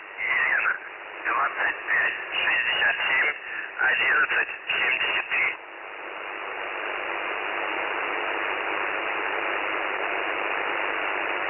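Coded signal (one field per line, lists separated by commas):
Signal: numbers station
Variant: UVB-76, Russian voice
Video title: The Buzzer/UVB-76 Voice Message (December 1, 2020 10:57 UTC)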